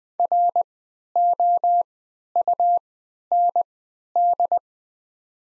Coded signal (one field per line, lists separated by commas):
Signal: Morse code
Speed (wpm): 20 wpm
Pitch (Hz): 700 Hz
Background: none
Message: ROUND